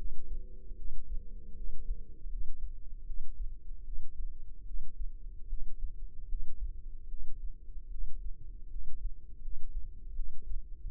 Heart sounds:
heart sounds by microphone in the left ear; 77 bpm
0.75 s: heartbeat
1.54 s: heartbeat
2.27 s: heartbeat
3.04 s: heartbeat
3.82 s: heartbeat
4.64 s: heartbeat
5.47 s: heartbeat
6.26 s: heartbeat
7.07 s: heartbeat
7.88 s: heartbeat
8.68 s: heartbeat
9.40 s: heartbeat
10.13 s: heartbeat
10.89 s: heartbeat
From the record:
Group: healthy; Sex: female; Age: 19 years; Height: 163 cm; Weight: 48.9 kg

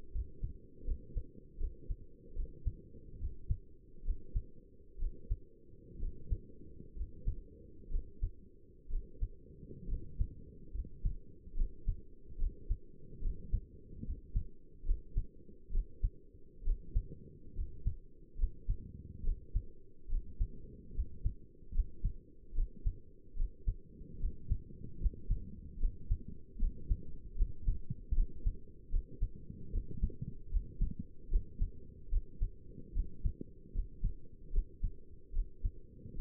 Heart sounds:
heart sounds by stethoscope; 72 bpm
0.14 s: heartbeat
0.87 s: heartbeat
1.60 s: heartbeat
2.36 s: heartbeat
3.20 s: heartbeat
4.05 s: heartbeat
5.00 s: heartbeat
6.00 s: heartbeat
6.96 s: heartbeat
7.91 s: heartbeat
8.90 s: heartbeat
9.89 s: heartbeat
10.74 s: heartbeat
11.57 s: heartbeat
12.39 s: heartbeat
13.22 s: heartbeat
14.05 s: heartbeat
14.86 s: heartbeat
15.73 s: heartbeat
16.65 s: heartbeat
17.56 s: heartbeat
18.39 s: heartbeat
19.24 s: heartbeat
20.10 s: heartbeat
20.95 s: heartbeat
21.74 s: heartbeat
22.55 s: heartbeat
23.37 s: heartbeat
24.21 s: heartbeat
25.00 s: heartbeat
25.80 s: heartbeat
26.60 s: heartbeat
27.37 s: heartbeat
28.15 s: heartbeat
28.91 s: heartbeat
29.73 s: heartbeat
30.51 s: heartbeat
31.31 s: heartbeat
32.11 s: heartbeat
32.95 s: heartbeat
33.74 s: heartbeat
34.53 s: heartbeat
35.34 s: heartbeat
36.17 s: heartbeat
From the record:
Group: healthy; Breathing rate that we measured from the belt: 17 breaths a minute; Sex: male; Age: 22 years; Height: 181 cm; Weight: 79 kg

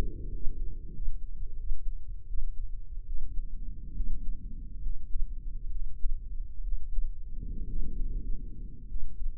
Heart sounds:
heart sounds by microphone in the right ear; 70 bpm
0.31 s: heartbeat
0.92 s: heartbeat
1.56 s: heartbeat
2.27 s: heartbeat
3.05 s: heartbeat
3.94 s: heartbeat
4.81 s: heartbeat
5.70 s: heartbeat
6.62 s: heartbeat
7.66 s: heartbeat
8.86 s: heartbeat
From the record:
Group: healthy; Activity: rest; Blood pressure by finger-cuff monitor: 159/95 mmHg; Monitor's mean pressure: 118 mmHg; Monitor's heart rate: 68 bpm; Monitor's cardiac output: 7.7 L/min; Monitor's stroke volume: 102 mL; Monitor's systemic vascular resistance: 1140 dyn s/cm5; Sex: male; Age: 23 years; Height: 178 cm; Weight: 96.6 kg

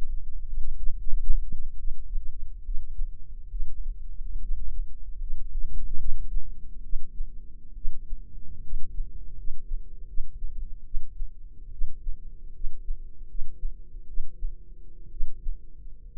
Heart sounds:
heart sounds by microphone in the left ear; 70 bpm
0.75 s: heartbeat
1.75 s: heartbeat
2.61 s: heartbeat
3.48 s: heartbeat
4.39 s: heartbeat
5.18 s: heartbeat
5.97 s: heartbeat
6.81 s: heartbeat
7.73 s: heartbeat
8.61 s: heartbeat
9.34 s: heartbeat
10.05 s: heartbeat
10.83 s: heartbeat
11.70 s: heartbeat
12.52 s: heartbeat
13.26 s: heartbeat
14.05 s: heartbeat
15.09 s: heartbeat
16.13 s: heartbeat
From the record:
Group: healthy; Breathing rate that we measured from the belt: 15 breaths a minute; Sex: female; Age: 22 years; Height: 157 cm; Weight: 47.6 kg

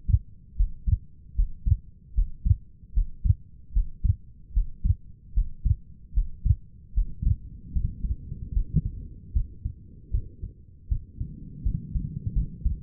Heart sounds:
heart sounds by stethoscope; 76 bpm
0.57 s: heartbeat
1.36 s: heartbeat
2.15 s: heartbeat
2.94 s: heartbeat
3.73 s: heartbeat
4.53 s: heartbeat
5.34 s: heartbeat
6.14 s: heartbeat
6.94 s: heartbeat
7.73 s: heartbeat
8.54 s: heartbeat
9.33 s: heartbeat
10.11 s: heartbeat
10.89 s: heartbeat
11.63 s: heartbeat
12.33 s: heartbeat
From the record:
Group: healthy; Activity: breath hold 0-10 s, rest 10-13 s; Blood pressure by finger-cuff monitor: 133/85 mmHg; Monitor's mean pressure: 98 mmHg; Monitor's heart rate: 76 bpm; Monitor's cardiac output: 5.5 L/min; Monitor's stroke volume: 73 mL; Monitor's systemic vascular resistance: 1320 dyn s/cm5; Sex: female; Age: 37 years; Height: 168 cm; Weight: 70 kg

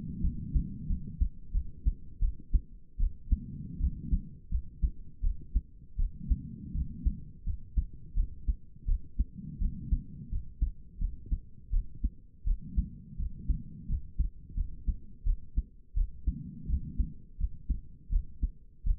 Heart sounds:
heart sounds by stethoscope; 84 bpm
0.21 s: heartbeat
0.87 s: heartbeat
1.52 s: heartbeat
2.20 s: heartbeat
2.98 s: heartbeat
3.79 s: heartbeat
4.50 s: heartbeat
5.22 s: heartbeat
5.97 s: heartbeat
6.73 s: heartbeat
7.45 s: heartbeat
8.15 s: heartbeat
8.87 s: heartbeat
9.60 s: heartbeat
10.30 s: heartbeat
10.99 s: heartbeat
11.71 s: heartbeat
12.45 s: heartbeat
13.18 s: heartbeat
13.88 s: heartbeat
14.55 s: heartbeat
15.25 s: heartbeat
15.95 s: heartbeat
16.68 s: heartbeat
17.38 s: heartbeat
18.11 s: heartbeat
18.85 s: heartbeat
From the record:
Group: healthy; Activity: rest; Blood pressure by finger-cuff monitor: 94/59 mmHg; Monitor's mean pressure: 73 mmHg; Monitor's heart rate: 84 bpm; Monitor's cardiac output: 6.9 L/min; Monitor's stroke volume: 83 mL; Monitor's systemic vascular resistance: 820 dyn s/cm5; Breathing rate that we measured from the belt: 18 breaths a minute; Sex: female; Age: 22 years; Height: 163 cm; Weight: 67.1 kg

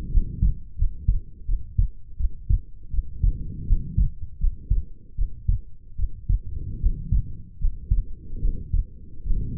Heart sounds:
heart sounds by stethoscope; 79 bpm
0.10 s: heartbeat
0.76 s: heartbeat
1.45 s: heartbeat
2.17 s: heartbeat
2.90 s: heartbeat
3.65 s: heartbeat
4.38 s: heartbeat
5.15 s: heartbeat
5.96 s: heartbeat
6.78 s: heartbeat
7.58 s: heartbeat
8.39 s: heartbeat
9.22 s: heartbeat
From the record:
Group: healthy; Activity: rest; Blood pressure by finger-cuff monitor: 125/87 mmHg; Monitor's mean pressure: 100 mmHg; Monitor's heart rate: 85 bpm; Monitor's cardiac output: 6.9 L/min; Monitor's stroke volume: 78 mL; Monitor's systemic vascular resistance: 1090 dyn s/cm5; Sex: female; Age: 22 years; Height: 160 cm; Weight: 45 kg

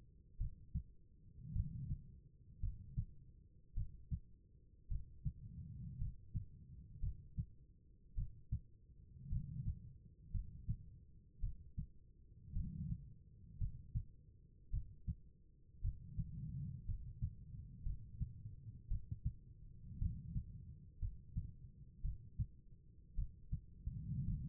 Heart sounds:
heart sounds by stethoscope; 55 bpm
0.38 s: heartbeat
1.53 s: heartbeat
2.60 s: heartbeat
3.74 s: heartbeat
4.88 s: heartbeat
5.98 s: heartbeat
7.00 s: heartbeat
8.15 s: heartbeat
9.29 s: heartbeat
10.31 s: heartbeat
11.40 s: heartbeat
12.53 s: heartbeat
13.58 s: heartbeat
14.70 s: heartbeat
15.81 s: heartbeat
16.85 s: heartbeat
17.83 s: heartbeat
18.88 s: heartbeat
19.99 s: heartbeat
20.99 s: heartbeat
22.02 s: heartbeat
23.15 s: heartbeat
24.24 s: heartbeat
From the record:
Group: healthy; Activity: rest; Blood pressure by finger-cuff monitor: 93/60 mmHg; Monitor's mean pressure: 70 mmHg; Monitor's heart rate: 56 bpm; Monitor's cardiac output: 4.3 L/min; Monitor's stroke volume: 78 mL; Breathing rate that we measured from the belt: 16 breaths a minute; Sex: female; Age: 36 years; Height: 163 cm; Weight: 88 kg

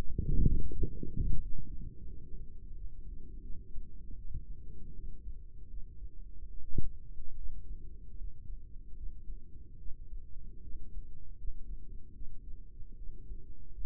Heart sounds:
heart sounds by microphone in the right ear; 78 bpm
0.70 s: heartbeat
1.39 s: heartbeat
2.07 s: heartbeat
2.73 s: heartbeat
3.41 s: heartbeat
4.16 s: heartbeat
4.94 s: heartbeat
5.68 s: heartbeat
6.49 s: heartbeat
7.36 s: heartbeat
8.16 s: heartbeat
8.95 s: heartbeat
9.78 s: heartbeat
10.62 s: heartbeat
11.36 s: heartbeat
12.13 s: heartbeat
12.96 s: heartbeat
13.72 s: heartbeat
From the record:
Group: healthy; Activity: rest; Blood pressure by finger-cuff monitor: 149/88 mmHg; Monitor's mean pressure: 106 mmHg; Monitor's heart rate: 80 bpm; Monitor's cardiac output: 6.7 L/min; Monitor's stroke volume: 82 mL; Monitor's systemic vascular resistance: 1140 dyn s/cm5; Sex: female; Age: 22 years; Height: 154 cm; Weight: 58.7 kg

